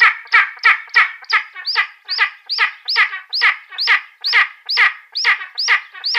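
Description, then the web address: Spanish imperial eagle calling in a rhythmic run of hoarse, yelping notes, most opening with a quick rising slur. "Schulze Peter Spanish Imperial Eagle"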